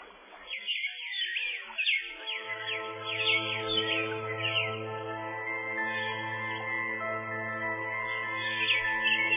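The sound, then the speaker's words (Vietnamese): A bird sings a quick run of high, sliding chirps, then carries on with steadier whistled notes above a low, continuous hum. No one speaks. “Con chim như vậy.”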